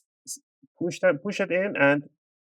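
Someone talks while the plastic bottom cover of an ASUS TUF FX505DT laptop is pushed in at the front gap against the palm rest chassis, with a few faint handling sounds before the talking. Nothing has seated or clicked yet; the cover's retaining clips have not snapped into place.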